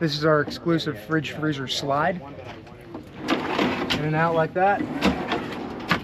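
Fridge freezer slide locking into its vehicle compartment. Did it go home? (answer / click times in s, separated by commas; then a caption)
yes / 5.9 s. Someone talks while a fridge-freezer slide holding a Snow Master fridge freezer is pushed in and out of its camper kitchen compartment. The slide is then pushed home, and its lock engages with a sharp, loud hit at 5.9 s, locking it in place.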